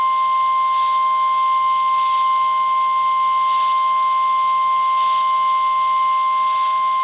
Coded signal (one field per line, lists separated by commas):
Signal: Emergency Alert System (SAME) tones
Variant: 1050 Hz attention tone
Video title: Flash Flood Warning for Southern MD and Northern VA [EAS 1] | NOAA Weather Radio (4/27/2011)